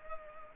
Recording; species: mosquito wingbeat signal from an infrared sensor; Culex pipiens